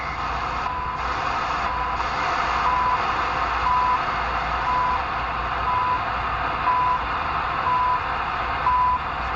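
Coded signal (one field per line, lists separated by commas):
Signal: radio time signal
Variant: CHU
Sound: seven short 1 kHz beeps, one per second, through steady hiss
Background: radio static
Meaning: Each tick marks one second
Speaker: There is a little bit of reception of 3330.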